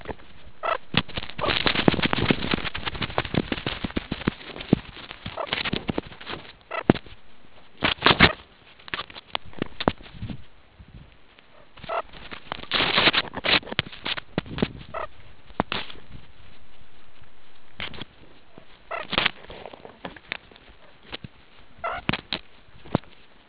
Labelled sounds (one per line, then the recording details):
meerkat close call
meerkat social call
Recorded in the Kuruman River Reserve, South Africa
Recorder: an audio tag on a meerkat's collar